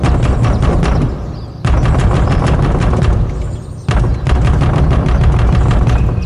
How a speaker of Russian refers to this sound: Давай хоть постучим сначала, как культурные люди. Вежливость добра молодца завсегда с ног до головы красит. Чинно согласился он и двинул кулаком в дверь.